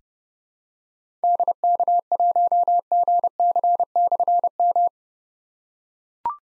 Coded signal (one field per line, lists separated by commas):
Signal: Morse code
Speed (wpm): 30 wpm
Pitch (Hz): 700 Hz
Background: none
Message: DK1GC/M